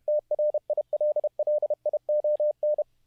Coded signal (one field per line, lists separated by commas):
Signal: Morse code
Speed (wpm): 30 wpm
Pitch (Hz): 600 Hz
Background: none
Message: TRILLION